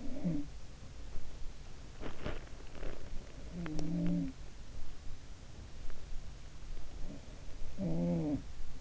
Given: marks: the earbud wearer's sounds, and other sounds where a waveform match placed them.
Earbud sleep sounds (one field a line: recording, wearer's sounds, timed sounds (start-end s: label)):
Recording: sounds in sleep by an in-ear microphone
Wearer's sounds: teeth grinding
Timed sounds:
0.00-0.74 s: sound from someone else or the room
1.88-3.93 s: teeth grinding
3.45-4.42 s: sound from someone else or the room
7.46-8.69 s: sound from someone else or the room